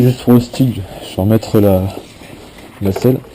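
Someone talks while handling the seat of a Derbi Fénix moped being restored, about to refit it onto its seat latch. Only speech is heard, with no click or snap; the seat has not latched or seated yet.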